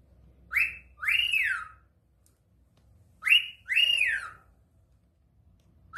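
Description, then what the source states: Cockatiel calls: arched whistles that rise then fall, given in pairs about every three seconds, clear against a quiet background. Cockatiels singing and whistling.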